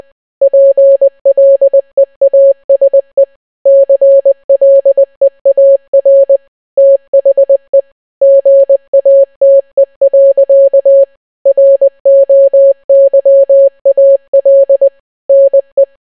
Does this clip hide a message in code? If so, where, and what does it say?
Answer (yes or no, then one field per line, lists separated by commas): yes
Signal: Morse code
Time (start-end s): 0.4-15.8 s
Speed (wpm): 20 wpm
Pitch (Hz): 550 Hz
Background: none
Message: PLEASE CLEAR THE GATE. ROYAL NE